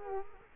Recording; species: mosquito wingbeat signal from an infrared sensor; Culex quinquefasciatus